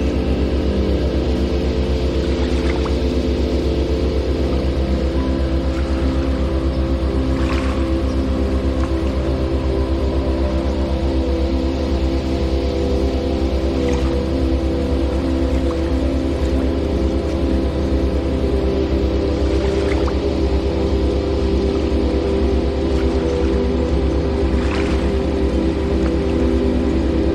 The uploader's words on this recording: Incredible Water Flow Captures Amazing Beauty And Power. Sound of water in motion.